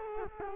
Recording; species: mosquito wingbeat signal from an infrared sensor; Culex quinquefasciatus